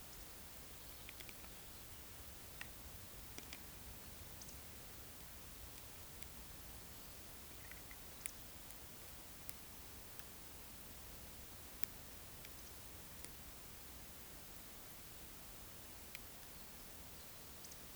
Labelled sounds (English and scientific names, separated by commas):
Eurasian Woodcock (Scolopax rusticola) whistle